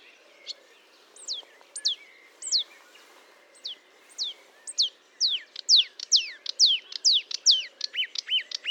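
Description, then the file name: Marsh warbler song, sharp descending whistled notes that quicken into a rapid repeated series of downslurs and chips. Recorded at Fontaine-Française (Fourneau), 1 June 2022 at 10:55, using Nagra and Telinga equipment. "Rousserolle verderolle 20220601 1055 Fontaine-Francaise-Fourneau-Nagra-Telinga"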